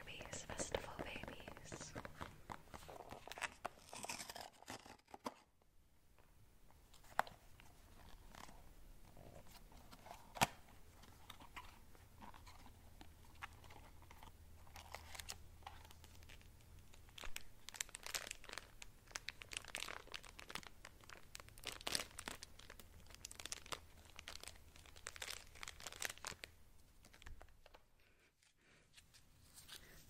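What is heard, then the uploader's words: Blind boxes are unboxed with dense, irregular crinkling and rustling of packaging, sharp clicks and snaps scattered throughout. There is a brief quiet gap near five seconds and another near the end, while a low hum runs underneath from about ten to twenty-seven seconds. ASMR Unboxing Cute Blind Boxes.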